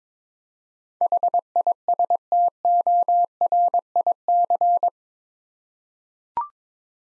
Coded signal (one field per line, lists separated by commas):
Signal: Morse code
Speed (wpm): 22 wpm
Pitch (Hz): 700 Hz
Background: none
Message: HISTORIC